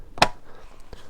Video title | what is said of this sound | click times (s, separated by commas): Givi B45+ Top Box - 6 month Review | and that's the top box locked back onto the base plate you don't even need the key | 0.2 s